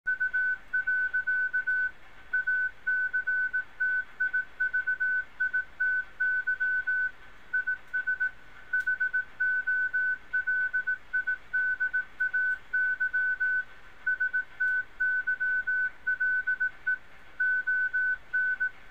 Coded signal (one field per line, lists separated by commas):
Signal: Morse code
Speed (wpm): 17 wpm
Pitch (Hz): 1500 Hz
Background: none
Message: U. ACTIVITY IS HOLIDAY STYLE ON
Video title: CW on HamScope Redux